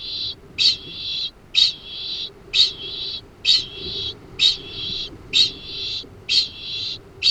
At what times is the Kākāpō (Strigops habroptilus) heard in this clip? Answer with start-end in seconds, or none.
0.14-7.30